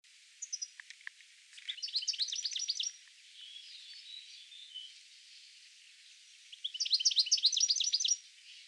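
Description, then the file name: European goldfinch calls: a few scattered chips, then two bursts of fast, liquid twittering, with a soft warbled phrase between them. "Carduelis carduelis"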